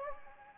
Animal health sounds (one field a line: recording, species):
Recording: mosquito wingbeat signal from an infrared sensor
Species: Anopheles gambiae